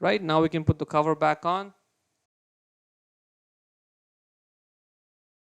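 On a 2013–2018 Hyundai Santa Fe, with the bulb and electrical connector already in, the plastic rear headlight dust cover is being lined up on the headlight housing opening before it is twisted to lock. Someone talks for about the first 1.7 seconds, then there is silence for the rest of the clip. Nothing has seated or clicked yet.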